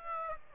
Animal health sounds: mosquito wingbeat signal from an infrared sensor; Aedes aegypti

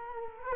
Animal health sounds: mosquito wingbeat signal from an infrared sensor; Culex quinquefasciatus

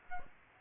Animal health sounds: mosquito wingbeat signal from an infrared sensor; Aedes aegypti

